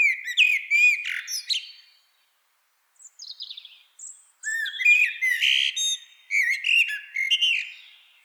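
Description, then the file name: Common blackbird song, a run of mellow whistled notes ending in high squeaky twitters, a brief quiet trill, then two more fluty phrases with thin shrill endings. "Turdus merula"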